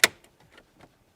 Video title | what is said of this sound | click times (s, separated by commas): This Aftermarket Radio Looks STOCK but Hides LOADS of MODERN FEATURES! | we hear it click | 0.0 s